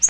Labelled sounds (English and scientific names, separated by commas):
Yellow-rumped Warbler (Setophaga coronata) flight call